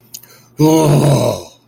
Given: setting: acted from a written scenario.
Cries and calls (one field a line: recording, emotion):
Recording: vocal sound without words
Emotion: anger